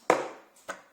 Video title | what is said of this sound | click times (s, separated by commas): Démonstration du Moulin Universel Tupperware | d'habitude il faut entendre les clips pour être sûr que tout est bien enclenchée voilà | 0.1 s